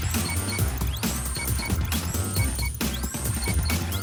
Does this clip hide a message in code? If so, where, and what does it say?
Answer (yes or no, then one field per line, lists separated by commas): no